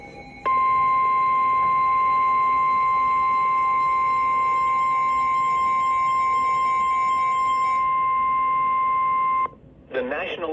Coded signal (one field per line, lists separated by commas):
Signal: Emergency Alert System (SAME) tones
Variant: 1050 Hz attention tone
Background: speech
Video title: Three Severe Thunderstorm Warnings - Triple Header (EAS 2361-2363) 7/20/23